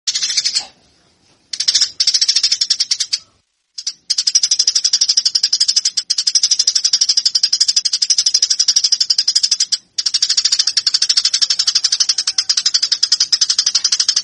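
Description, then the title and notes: Eurasian tree sparrow keeping up a sustained, grating chatter of rapid chirps, broken only by a few brief pauses. Fighting call of a cage bird, presented as master training audio for caged birds. "MASTER GEREJA TARUNG. burung gereja"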